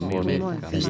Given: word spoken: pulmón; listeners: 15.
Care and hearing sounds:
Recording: one Spanish word in noise, from a listening test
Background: four-talker babble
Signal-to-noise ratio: -1.3 dB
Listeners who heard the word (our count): 0 of 15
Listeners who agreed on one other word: 6 of 15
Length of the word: 0.50 s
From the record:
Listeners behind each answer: 6, 3, 2, 1, 1, 1, 1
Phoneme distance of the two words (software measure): 21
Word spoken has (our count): 2 syllables, 6 phonemes, stress on syllable 2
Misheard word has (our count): 2 syllables, 5 phonemes, stress on syllable 2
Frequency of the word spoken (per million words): 8.01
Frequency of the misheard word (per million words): 26.38

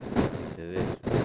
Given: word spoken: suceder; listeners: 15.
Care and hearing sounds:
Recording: one Spanish word in noise, from a listening test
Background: noise modulated by one talker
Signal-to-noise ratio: -8.1 dB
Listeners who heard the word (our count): 0 of 15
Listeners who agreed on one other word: 8 of 15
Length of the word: 0.85 s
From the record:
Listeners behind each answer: 8, 5, 1, 1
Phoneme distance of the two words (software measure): 14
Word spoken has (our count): 3 syllables, 7 phonemes, stress on syllable 3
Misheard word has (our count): 2 syllables, 5 phonemes, stress on syllable 2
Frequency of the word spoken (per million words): 16.68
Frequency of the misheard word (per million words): 13.92

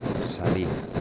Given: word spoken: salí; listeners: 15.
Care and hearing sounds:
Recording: one Spanish word in noise, from a listening test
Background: noise modulated by three-talker babble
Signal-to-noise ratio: -3.3 dB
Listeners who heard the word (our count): 1 of 15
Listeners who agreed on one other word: 9 of 15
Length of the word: 0.61 s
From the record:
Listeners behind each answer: 9, 3, 1, 1, 1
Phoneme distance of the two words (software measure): 7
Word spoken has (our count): 2 syllables, 4 phonemes, stress on syllable 2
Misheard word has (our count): 2 syllables, 5 phonemes, stress on syllable 2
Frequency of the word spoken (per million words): 13.03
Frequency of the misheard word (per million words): 147.13

